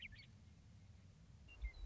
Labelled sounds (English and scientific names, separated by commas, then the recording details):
Western Meadowlark (Sturnella neglecta)
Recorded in Sonoma County, California